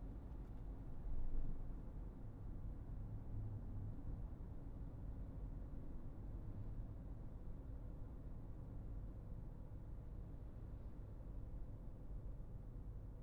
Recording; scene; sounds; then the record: everyday scene through a hearing-aid microphone; in a vehicle; engine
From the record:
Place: Berlingo II, diesel engine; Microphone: behind the ear, right, rear